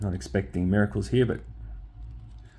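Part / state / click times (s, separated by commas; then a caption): plastic hose accessory into action figure backpack / not seated / none. Someone talks while a plastic hose accessory is pushed into the backpack of a G.I. Joe Classified Range-Viper action figure, followed by faint, low handling noise. The hose just sits in place with no click or detent, and nothing has seated with a click yet.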